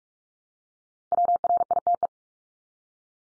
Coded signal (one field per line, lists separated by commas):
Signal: Morse code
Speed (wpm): 44 wpm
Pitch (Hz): 700 Hz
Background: none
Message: WRITE